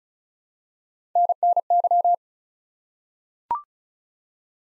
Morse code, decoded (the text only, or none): NNY